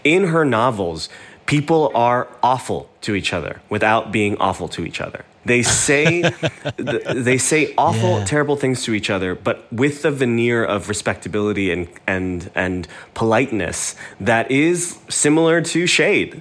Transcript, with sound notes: Like, in her novels, people are awful to each other without being awful to each other.
(Laughter) Yeah.
They say awful, terrible things to each other but with the veneer of respectability and politeness that is similar to shade.